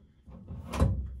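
A gear shifter lever on a B&M Pro Stick shifter in a third-generation Camaro drag car is squeezed and moved toward the park detent. A low rumble rises into a short, louder burst of rattling handling noise around 0.7–0.9 s, then fades. The lever has not yet clicked or seated into park.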